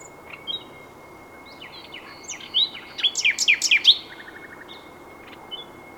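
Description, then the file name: Common nightingale phrase of soft chirps swelling into a brief burst of loud, sharp notes, with a faint steady tone in the background. "Luscinia megarhynchos"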